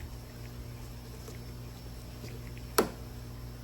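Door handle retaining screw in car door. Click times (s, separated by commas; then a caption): 2.8 s. A Torx driver turns out the long T15 captive screw, about 1.5 inches long, that holds the exterior door handle inside the door of a 2018 Dodge Challenger Hellcat. Over a steady low hum, a single sharp click sounds at 2.8 s. The click means the screw is fully loosened and the handle is ready to come out.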